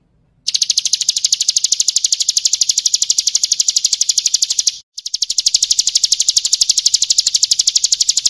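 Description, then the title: Bird's continuous high, rapid pulsed trill lasting several seconds, briefly interrupted once, then carrying on. Masteran (songbird training recording), described as the most complete bird collection. "Masteran burung terlengkap"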